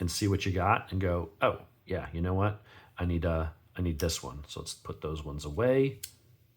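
Someone talks while handling a Roxon S803E Elite folding multitool, putting the other tools away to flip out one implement that will lock into the handle. Nothing has seated or clicked yet; the implement is not yet locked.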